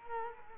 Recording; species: mosquito wingbeat signal from an infrared sensor; Culex quinquefasciatus